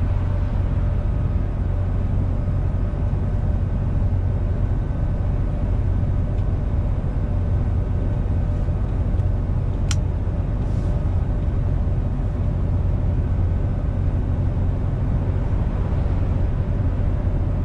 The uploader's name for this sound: truck driver sound